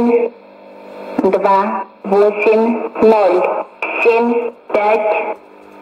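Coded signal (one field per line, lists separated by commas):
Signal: numbers station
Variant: S06s, Russian female voice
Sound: female voice reading about 5 short words at even intervals over radio hiss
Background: radio static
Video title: 14 11 2019 S06s Russian Lady numbers station in Russian to Eu 0944 on 9540 unknown tx site USB+AM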